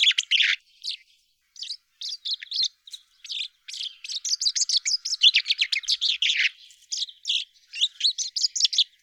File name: Vink Kroondomein 6 maart 2022 09 uur 57